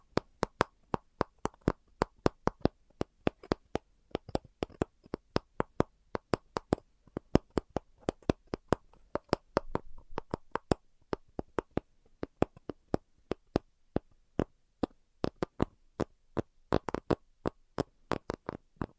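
Tapping, a steady run of sharp, crisp clicks that continues for the whole stretch, roughly three to four taps each second in slightly uneven rhythm. Each tap is short and bright, with near silence between; a faint soft murmur appears briefly around the ten-second mark.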